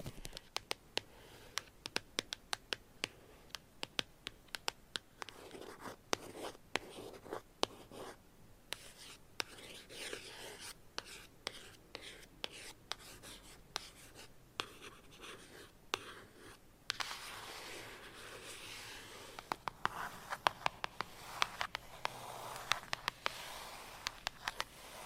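Sharp tapping clicks arrive irregularly throughout over a soft scratching texture, which grows louder and denser after about seventeen seconds.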